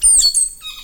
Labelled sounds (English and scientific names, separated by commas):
Stitchbird (Notiomystis cincta) song